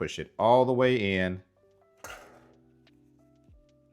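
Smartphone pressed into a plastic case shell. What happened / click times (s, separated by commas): Handled, not yet home: phone pressed into case shell / none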